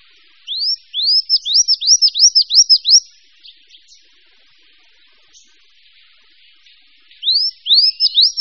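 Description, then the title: Bird song, a quick run of arched whistled notes, each rising then dropping, then silence before a fresh burst begins near the end. Mixed birds. "manuk campur"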